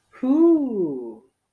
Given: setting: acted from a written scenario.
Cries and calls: vocal sound without words; positive surprise

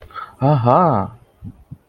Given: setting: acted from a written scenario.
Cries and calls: vocal sound without words; interest

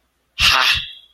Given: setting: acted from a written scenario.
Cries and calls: vocal sound without words; triumph

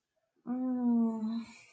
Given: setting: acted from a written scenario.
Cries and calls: vocal sound without words; romantic love

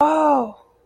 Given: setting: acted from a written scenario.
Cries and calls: vocal sound without words; realization

